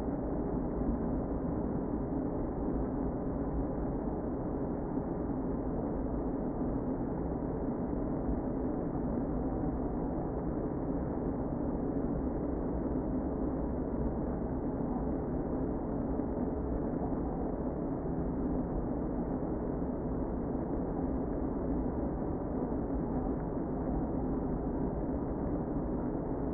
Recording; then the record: honeybee colony, microphone inside the hive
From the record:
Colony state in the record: queen present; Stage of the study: before two queens were removed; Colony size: about 60,000 bees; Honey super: yes